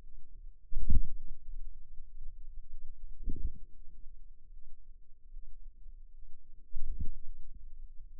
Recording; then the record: forearm muscle sounds (acoustic myography)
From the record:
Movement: wrist flexion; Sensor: system 2, bracelet of six BSWA MPA416 microphones around the upper forearm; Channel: 6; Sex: female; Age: 23 years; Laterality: right